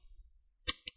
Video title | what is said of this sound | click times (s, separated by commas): Hp 15 EH0003 💻 Ram Upgrade | every few centimeters. We're going to hear those clicks. | 0.7 s, 0.9 s